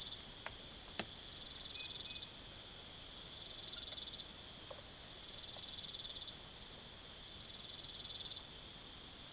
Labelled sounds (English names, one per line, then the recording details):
none
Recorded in secondary vegetation near Puerto Asís, Putumayo, Colombia, on 23 June 2025 at 04:00
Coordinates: 0.489, -76.322
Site G021